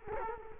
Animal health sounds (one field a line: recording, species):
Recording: mosquito wingbeat signal from an infrared sensor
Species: Culex quinquefasciatus